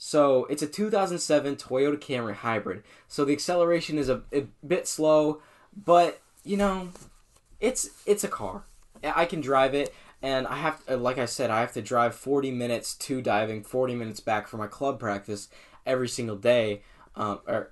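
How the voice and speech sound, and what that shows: A young man talks fluently and casually about his car, with brief natural pauses and a filler 'um'.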